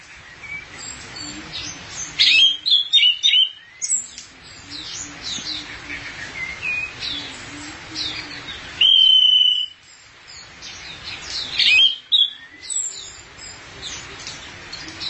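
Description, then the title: Thrush delivering loud bursts of mixed chattery notes and one sustained clear whistle, with a hissy background between phrases. "burung anis x"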